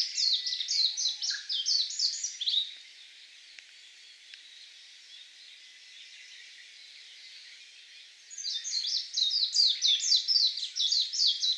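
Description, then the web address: Warbling white-eye song: rapid, high-pitched twittering runs of sliding notes in two bursts, separated by several seconds of quiet background hiss. Recorded at Miyake on 16 May 2016. "koe mejiro 160516 miyake kuroda"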